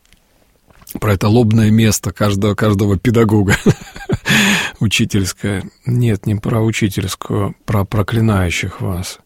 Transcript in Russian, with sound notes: Про это «лобное место» каждого педагога (смеется) — учительскую... «Нет, не про учительскую — про проклинающих вас».